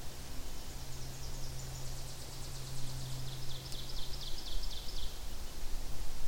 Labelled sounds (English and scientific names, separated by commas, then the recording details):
Ovenbird (Seiurus aurocapilla) song
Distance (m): 80 m
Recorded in boreal forest in Alberta, Canada, on 26 May 2016 at 08:27
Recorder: SongMeter 3, array SBT-3-15
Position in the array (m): 35 m, 247 m
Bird 20